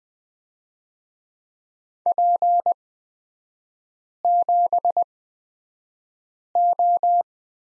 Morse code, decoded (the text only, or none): P7O